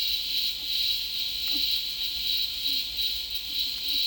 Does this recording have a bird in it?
no